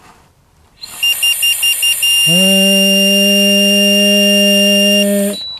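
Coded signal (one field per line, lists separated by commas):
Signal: none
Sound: breathalyzer test beeps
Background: speech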